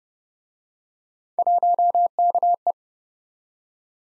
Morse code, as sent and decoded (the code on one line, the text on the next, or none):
.---- -.- .
1KE